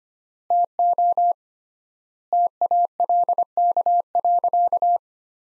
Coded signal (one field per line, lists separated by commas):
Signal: Morse code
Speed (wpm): 25 wpm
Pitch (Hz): 700 Hz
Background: none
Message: TO TALK.